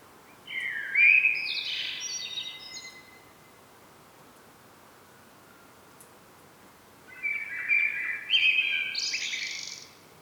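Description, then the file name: Common blackbird song, two rich, warbling phrases separated by a pause, each ending in higher, scratchy twittering notes. "Turdus merula"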